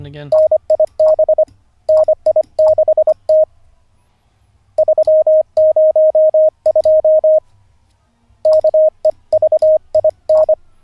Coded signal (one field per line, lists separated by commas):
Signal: Morse code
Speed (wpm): 25 wpm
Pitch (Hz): 620 Hz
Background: speech, radio noise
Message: NIB NI6T 302 KEVIN